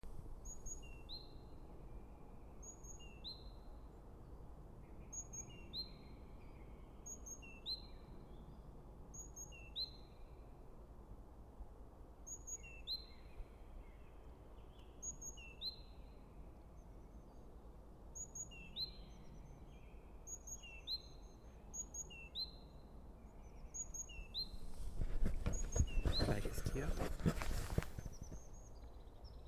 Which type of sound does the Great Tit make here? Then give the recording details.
song. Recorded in the wild. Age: adult. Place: Bernau bei Berlin, Barnim, Brandenburg, DE. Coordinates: 52.6958, 13.5256. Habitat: coniferous forest. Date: 2008-03-21. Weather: clear, -2°C, no wind. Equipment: Zoom H2. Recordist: Frommolt, Karl-Heinz